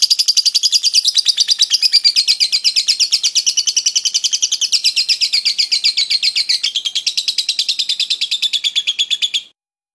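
Lovebird chattering in a fast, continuous stream of sharp, high chirps for about nine seconds, then stopping abruptly.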